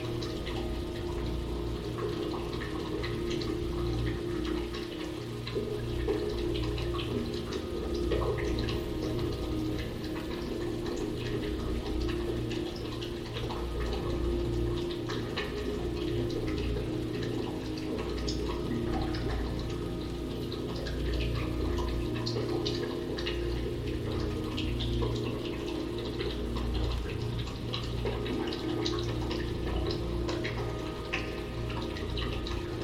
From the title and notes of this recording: The Ambient Spaceship Soundscape. Hyperspace sleep chamber, where the sound of a clock and synthetic white noise reminiscent of crickets are always present.